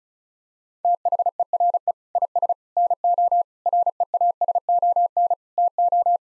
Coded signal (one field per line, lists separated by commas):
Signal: Morse code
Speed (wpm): 36 wpm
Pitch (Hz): 700 Hz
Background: none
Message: THERE IS NO REASON TO